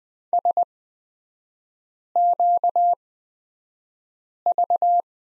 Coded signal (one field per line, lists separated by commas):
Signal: Morse code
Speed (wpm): 20 wpm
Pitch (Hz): 700 Hz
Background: none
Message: SQV